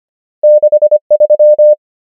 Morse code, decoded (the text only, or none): 6 3